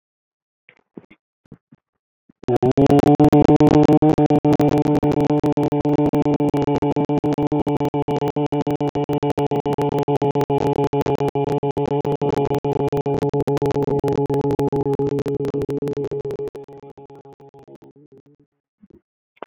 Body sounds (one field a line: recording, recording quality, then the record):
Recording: sustained vowel as in boot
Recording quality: moderate, slight background noise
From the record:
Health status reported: healthy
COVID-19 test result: not tested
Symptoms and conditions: none ticked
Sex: male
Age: 47 years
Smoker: not ticked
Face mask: not worn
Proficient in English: yes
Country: India